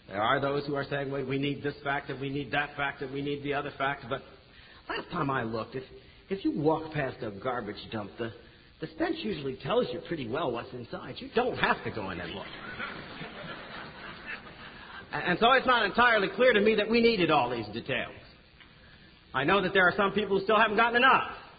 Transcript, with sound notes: There are those who are saying, "We need this fact, we need that fact, we need the other fact," but last time I looked, if you walked past a garbage dump, the stench usually tells you pretty well what's inside. You don't have to go in and look. [laughter] And so, it's not entirely clear to me that we needed all these details. I know that there are some people who still haven't gotten enough.